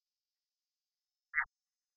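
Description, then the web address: Red-eyed tree frog giving a single short, harsh chack-like note, one brief burst in otherwise silent surroundings. "phyllomedusidae Agalychnis-callidryas"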